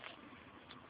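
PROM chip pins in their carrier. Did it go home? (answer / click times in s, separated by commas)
released / 0.1 s, 0.7 s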